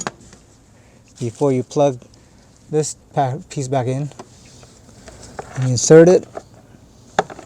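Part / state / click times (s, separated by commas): plastic glove box piece into the dashboard glove box opening / seated / 7.2 s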